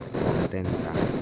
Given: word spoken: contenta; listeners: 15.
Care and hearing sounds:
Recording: one Spanish word in noise, from a listening test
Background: noise modulated by three-talker babble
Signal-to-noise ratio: -4.4 dB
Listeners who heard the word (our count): 5 of 15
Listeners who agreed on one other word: 7 of 15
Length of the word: 0.82 s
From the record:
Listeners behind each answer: 7, 5, 1, 1, 1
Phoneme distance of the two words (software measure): 17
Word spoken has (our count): 3 syllables, 8 phonemes, stress on syllable 2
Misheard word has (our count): 3 syllables, 7 phonemes, stress on syllable 2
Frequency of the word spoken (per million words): 8.09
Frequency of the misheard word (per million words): 37.13

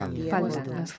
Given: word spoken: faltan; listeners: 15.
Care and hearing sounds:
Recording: one Spanish word in noise, from a listening test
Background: four-talker babble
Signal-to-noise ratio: -0.7 dB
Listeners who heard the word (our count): 0 of 15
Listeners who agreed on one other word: 9 of 15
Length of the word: 0.58 s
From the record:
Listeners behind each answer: 9, 2, 1, 1, 1, 1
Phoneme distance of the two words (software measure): 7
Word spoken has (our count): 2 syllables, 6 phonemes, stress on syllable 1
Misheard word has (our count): 2 syllables, 5 phonemes, stress on syllable 1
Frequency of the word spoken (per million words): 19.53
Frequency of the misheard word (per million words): 243.81

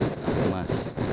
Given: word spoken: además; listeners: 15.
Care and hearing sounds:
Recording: one Spanish word in noise, from a listening test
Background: noise modulated by three-talker babble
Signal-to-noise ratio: -6.0 dB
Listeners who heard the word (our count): 0 of 15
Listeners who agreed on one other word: 8 of 15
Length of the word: 0.73 s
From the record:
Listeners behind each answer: 8, 6, 1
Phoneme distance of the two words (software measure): 21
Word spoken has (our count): 3 syllables, 6 phonemes, stress on syllable 3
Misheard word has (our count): 2 syllables, 5 phonemes, stress on syllable 1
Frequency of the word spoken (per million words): 541.27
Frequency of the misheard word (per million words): 0.68

